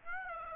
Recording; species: mosquito wingbeat signal from an infrared sensor; Aedes aegypti